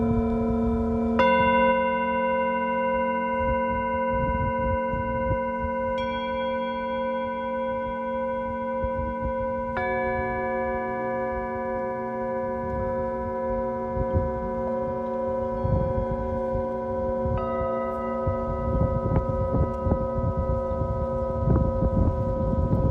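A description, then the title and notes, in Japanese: Singing bowls ring in long, sustained tones, with new strikes at about 1, 6, 10 and 17 seconds layering fresh pure notes over the fading ones. The tones hold steady and blend into a shimmering drone. A low, rumbling murmur runs underneath throughout. メキシコから シンギングボウルのサウンドヒーリング ライブ。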